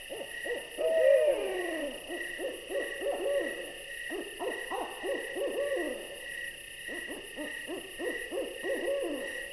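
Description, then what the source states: Owl calling continuously in short, wavering, descending notes over steady insect chirring. An owl visiting.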